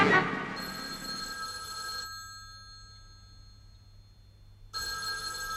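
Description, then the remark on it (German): A telephone rings in two bursts of bright, steady electronic tones, separated by a couple of seconds of near silence, with a low hum running underneath throughout. “Geh du ran.”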